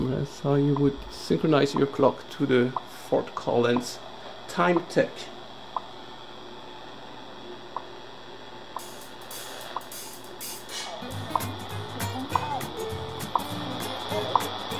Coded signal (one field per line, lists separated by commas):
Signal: radio time signal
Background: speech